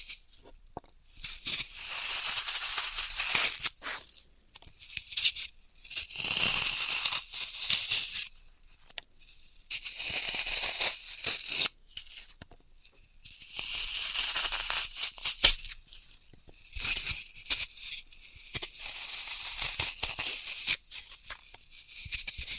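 Floral foam being cut and crushed, with bursts of dry, crisp crunching and scratchy tearing that come and go in clusters through the clip. Bright, hissy textures dominate, broken by short quiet gaps and sharp clicks.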